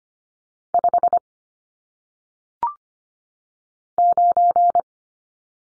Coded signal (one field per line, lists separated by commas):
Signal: Morse code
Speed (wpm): 25 wpm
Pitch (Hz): 700 Hz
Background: none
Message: 5 9